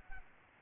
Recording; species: mosquito wingbeat signal from an infrared sensor; Aedes aegypti